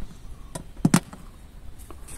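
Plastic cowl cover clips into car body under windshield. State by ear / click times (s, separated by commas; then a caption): seated / 0.9 s, 1.0 s. The top edge of a plastic windshield cowl cover is pressed down so its plastic retaining clips snap back into the car body under the windshield. Two sharp snaps ring out at about 0.9 s and 1.0 s, with fainter ticks around them. All the clips are seated in place.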